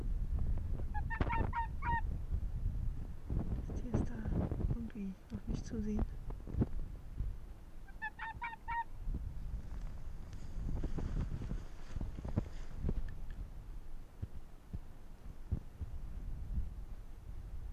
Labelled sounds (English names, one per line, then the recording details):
Arctic Fox
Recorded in the wild
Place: Insel Mednyi, Kommandeur-Inseln, RU
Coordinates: 54.5167, 168.083
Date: 1999-08-25 21:15
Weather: 9°C, bedeckt, gute Sicht, mäßiger Südwestwind
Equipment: Sony WM-D6C, Sennheiser ME 80, K 30 AV, Windkorb, Kopie Tascam DA 30
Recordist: Jakupi, Antje